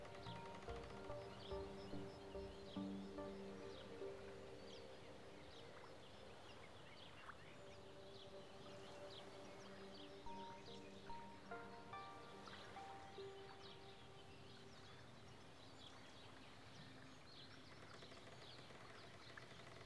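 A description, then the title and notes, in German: At the edge of a Canadian lake, a dense outdoor wash of sound carries steady tonal lines in the low mids. A run of regular knocking or tapping beats sounds through the first three seconds, then sparser clicks and brief bright chirps scatter throughout. Am Rande eines kanadischen Sees.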